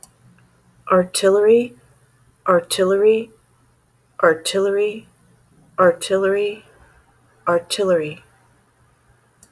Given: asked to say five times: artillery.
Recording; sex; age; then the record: repeated word; female; 50 to 59 years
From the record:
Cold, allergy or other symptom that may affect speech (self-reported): no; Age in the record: 52 years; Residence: Texas, United States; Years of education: 16